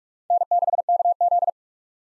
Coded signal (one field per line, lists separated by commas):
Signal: Morse code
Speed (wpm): 46 wpm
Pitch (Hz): 700 Hz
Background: none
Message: N6KZ